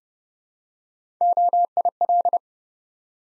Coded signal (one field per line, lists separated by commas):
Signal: Morse code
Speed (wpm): 30 wpm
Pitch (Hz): 700 Hz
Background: none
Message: OIL